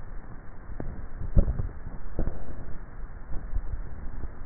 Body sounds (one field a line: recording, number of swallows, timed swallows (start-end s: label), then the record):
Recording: swallowing sounds by neck microphone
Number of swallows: 2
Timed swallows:
1.22-2.32 s: swallow
3.42-4.35 s: swallow
From the record:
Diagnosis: dysphagia